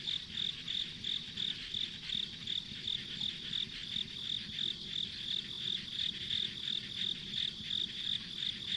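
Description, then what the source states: Insects with a rhythmic high chirp pulsing roughly three times per second above a constant shrill buzz. Ambient insect sounds on a rural country road.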